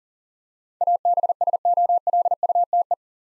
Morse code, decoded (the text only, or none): ABSOLUTE